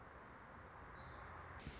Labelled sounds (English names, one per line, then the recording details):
Nuttall's Woodpecker
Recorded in Sonoma County, California